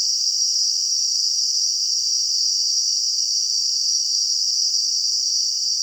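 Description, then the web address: Cicada call: a steady, sustained high buzz that never breaks or shifts in pitch throughout. In a garden. "WSPDatabase Analysis DVD Garden Cicadas"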